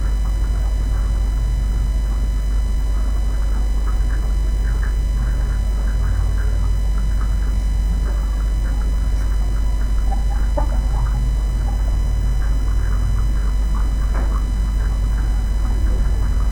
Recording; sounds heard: poultry house recording; sick chickens (respiratory disease)